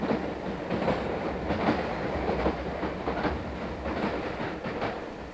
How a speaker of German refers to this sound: Auch die Bahnhofsgeräusche, die wir mit Hilfe von 2 Mikrofonen aufnahmen